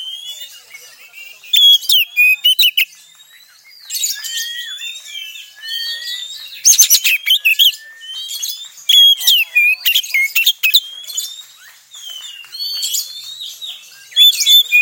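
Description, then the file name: Oriental Magpie-Robin singing a varied, high-pitched song of sweet whistled notes and sharp bursts of rapid chattering trills, with quieter, softer stretches between the bursts. Song in the tretes style, used to restore the mood of other songbirds. "Suara Kacer Tretes Pulihkan Mental Burung Kicauan Lainnya"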